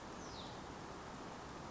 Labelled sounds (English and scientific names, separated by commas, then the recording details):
Hutton's Vireo (Vireo huttoni)
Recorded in Sonoma County, California